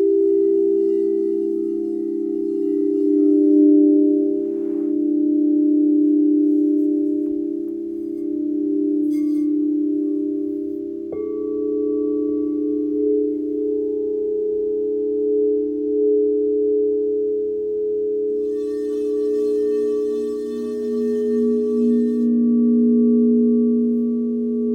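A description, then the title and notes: Crystal singing bowls hum in a steady, overlapping drone, their low and middle tones slowly swelling and ebbing. A new, brighter tone enters around eleven seconds, and soft shimmering chime-like sparkles appear near the end, from about eighteen seconds. 30 minute Sound Bath. Crystal Singing Bowls.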